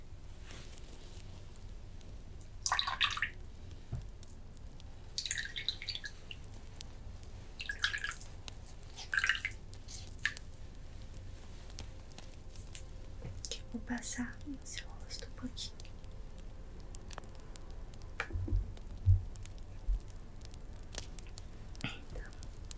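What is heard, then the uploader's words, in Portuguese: Hands massage a face and body in layered sounds: soft wet squishes and brushing strokes arrive in short bursts every second or two, bright. A low steady rumble runs underneath, with a few slightly heavier touches near the end. Nesse vídeo de MASSAGEM CORPORAL REALISTA binaural. Te massagear da cabeça aos pés com diversos massageadores diferentes! Massagem no rosto, massagem no corpo, movimentos com as mãos, sons em camadas.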